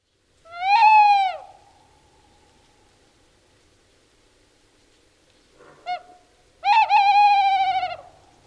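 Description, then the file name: Tawny owl hoot: a long, rich hooting note, a pause of about four seconds, a brief short note, then a longer hoot; quiet otherwise. "Kattuggla ljud"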